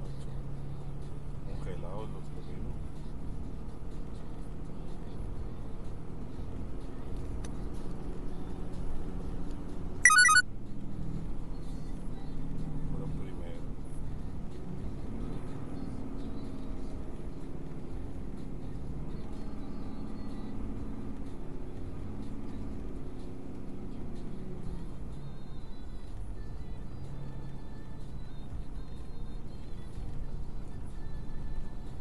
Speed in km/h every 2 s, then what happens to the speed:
24, 26, 27, 29, 31, 29, 26, 23, 19, 19, 21, 19, 21, 23, 23, 24.
0-7 speeds up to 31. 7-17 slows to 19. 17-32 steady at about 21.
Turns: none.